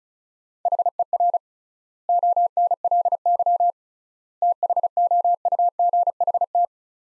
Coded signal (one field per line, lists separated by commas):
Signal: Morse code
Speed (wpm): 36 wpm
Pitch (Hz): 700 Hz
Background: none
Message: HER ONLY THOUGHT